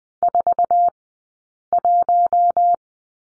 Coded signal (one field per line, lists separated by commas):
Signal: Morse code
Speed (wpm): 21 wpm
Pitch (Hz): 700 Hz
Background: none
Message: 4 1